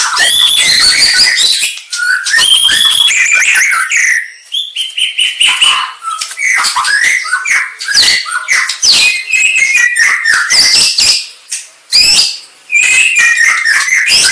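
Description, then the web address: White-rumped shama singing a dense, varied medley of clear whistles, sharp chips and scratchy trills, phrases pouring out quickly with a few short gaps. Aceh variety of white-rumped shama. "murai-batu suara-murai-aceh"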